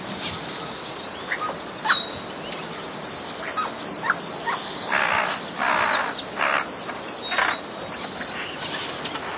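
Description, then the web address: Eurasian jay alarm call: harsh, rasping screeches cluster midway, several in quick succession, over continuous high chirping of small birds and a thin steady whistle. Warning call, 1 March 2014. "wroblowe ostrzegator sojki 01 03 2014"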